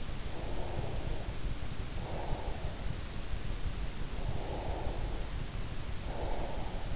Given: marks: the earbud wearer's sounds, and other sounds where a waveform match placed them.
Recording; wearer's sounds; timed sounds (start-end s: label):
sounds in sleep by an in-ear microphone; breath
0.30-2.84 s: breath
4.26-6.96 s: breath